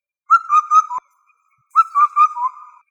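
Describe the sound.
Indian cuckoo whistled call, a clear phrase of three to four notes with the last note dropping lower, given twice with a short pause between.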